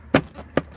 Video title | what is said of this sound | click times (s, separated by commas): Honda Shutting off while driving SOLUTION! | that snaps back in and looks right | 0.6 s